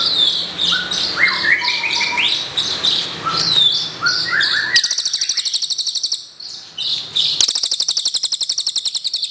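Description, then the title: Birds singing with mixed whistles and chirps, then rapid repeated high-pitched pulsing trills that stop and start again. "SUARA BURUNG"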